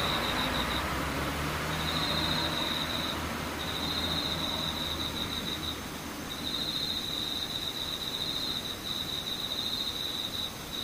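Insects trill in a high, thin, pulsing band, with bursts that come and go across the clip and pause briefly around 1, 3.5 and 6 seconds. Underneath runs a steady low rumble and hum like passing traffic, fairly even in loudness throughout.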